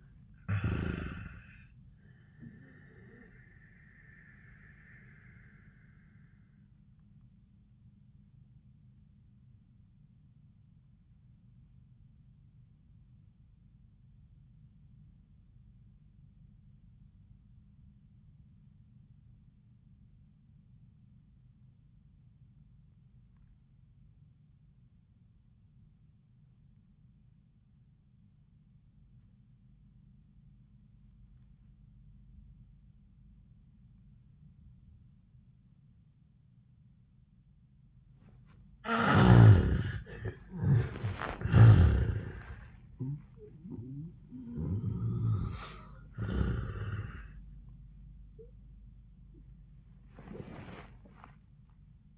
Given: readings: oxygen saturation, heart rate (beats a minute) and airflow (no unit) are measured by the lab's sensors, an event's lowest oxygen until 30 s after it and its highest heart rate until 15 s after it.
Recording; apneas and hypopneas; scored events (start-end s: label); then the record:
breathing in sleep by a smartphone at the bedside; 1
6.00-39.40 s: obstructive apnea (N1, oxygen 97% highest, then 65% lowest, heart rate 91 at the start, 99 highest)
18.00-48.00 s: new sleep stage, REM sleep
48.00-52.18 s: new sleep stage, N1 (lightest sleep)
From the record:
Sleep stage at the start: N1 (lightest sleep); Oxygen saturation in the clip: 62 to 97%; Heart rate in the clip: 69 to 99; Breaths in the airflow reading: 4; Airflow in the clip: -32.4 to 14.4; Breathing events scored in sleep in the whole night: 400 in 8.7 hours asleep